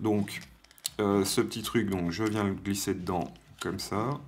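Someone talks while sliding a small plastic insert piece into the bottom-feeder slot of a Lost Vape Therion BF DNA75 vape box mod. Nothing has seated or clicked yet, as the clip ends just before the part latches home.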